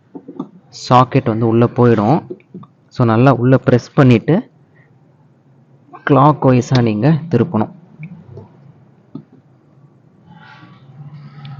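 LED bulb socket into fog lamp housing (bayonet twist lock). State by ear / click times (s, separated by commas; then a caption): seated / 8.0 s, 9.2 s. A twist-lock LED bulb socket is aligned with three holes, pressed into a Suzuki XL6 fog lamp housing and turned clockwise while someone talks. Sharp clicks at 8.0 s and 9.2 s mark the bayonet locking in, and the socket is seated firmly.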